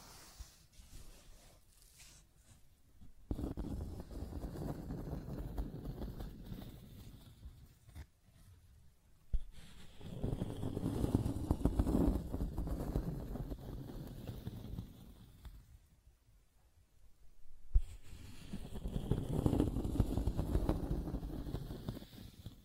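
Scratching and tracing sounds come in long rough passes, a dense grainy rasp mostly low and middle in pitch with some brighter hiss. Strokes run from about 3 to 8 seconds, 9 to 15, and 18 to the end, separated by near-silent pauses.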